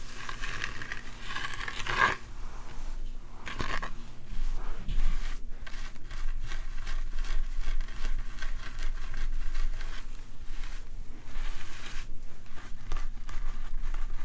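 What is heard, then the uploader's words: Dry scratching and rubbing at the scalp and hair, with dense rustling strokes that come in short bursts throughout. A sharp pluck or snap lands near two seconds and another near four. It is quiet, with a faint low hum underneath. ASMR This Or That - Bestie Plays With Your Hair (Scalp Oiling, Plucking, Scratching, Hair Brushing). Scalp oiling, plucking, scratching (massage), hair parting, and brushing.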